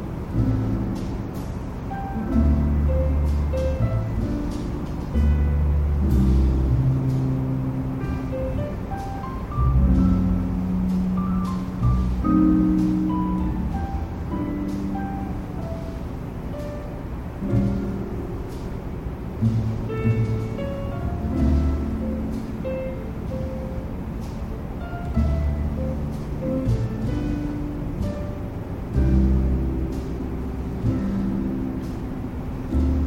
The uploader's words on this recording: Rest peacefully as soft jazz plays in the next room.